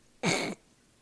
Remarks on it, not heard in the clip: I have allergies. I have a very persistent cough.